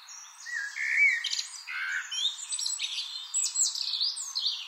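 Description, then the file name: Eurasian blackbird song with mellow whistled notes, then a run of thin, scratchy high twittering. "Turdus merula"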